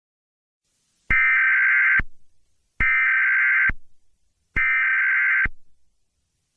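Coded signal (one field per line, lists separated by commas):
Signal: Emergency Alert System (SAME) tones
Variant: header bursts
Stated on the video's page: Fake EAS scenario simulating a biological outbreak alert, for entertainment; not a real alert.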